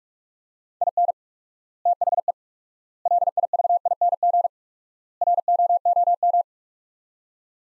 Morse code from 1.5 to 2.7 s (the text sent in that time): THE